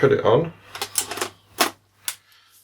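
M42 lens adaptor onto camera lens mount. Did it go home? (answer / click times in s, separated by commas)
yes / 2.1 s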